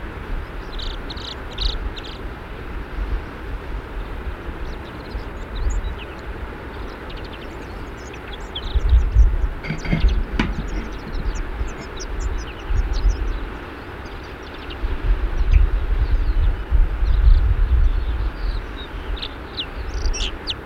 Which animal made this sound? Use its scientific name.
Prunella collaris